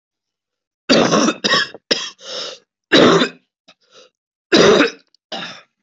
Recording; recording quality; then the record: heavy voluntary cough; excellent, no background noise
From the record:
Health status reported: COVID-19 positive, mild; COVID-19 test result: positive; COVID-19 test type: RT-PCR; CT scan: not taken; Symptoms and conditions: cough, cold, fever, fatigue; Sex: male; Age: 47 years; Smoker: no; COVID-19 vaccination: both doses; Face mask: worn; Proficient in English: yes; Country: India